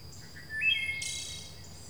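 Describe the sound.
A brief bird chirp that rises into a bright, hissy burst, heard against a faint steady high hum.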